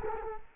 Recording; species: mosquito wingbeat signal from an infrared sensor; Culex quinquefasciatus